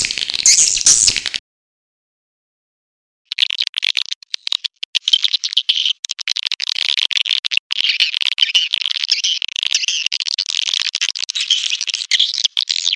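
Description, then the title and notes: Swiftlet chatter: a short burst of high chirps, two seconds of silence, then continuous rapid twittering to the end. Lure sound used in swiftlet bird farming, Asia. "Swiflet Bird Sound. Farming Swiflet Bird asia sound"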